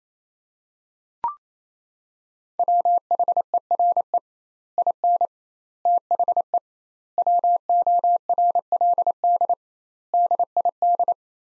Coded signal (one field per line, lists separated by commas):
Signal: Morse code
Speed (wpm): 28 wpm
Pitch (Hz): 700 Hz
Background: none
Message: WHERE IN THE WORLD DID